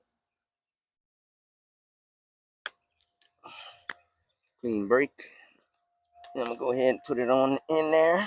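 An irrigation line fitting is handled at a punched hole in a plastic bucket, with a few short, sharp ticks and light rustling before someone talks. Nothing has seated or clicked yet by the end of the clip.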